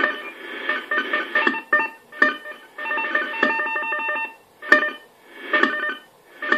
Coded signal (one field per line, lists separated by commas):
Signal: unidentified radio signal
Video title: AMIS Signal der Energie AG Oberösterreich im Langwellenbereich 2014 03 15 14 49 18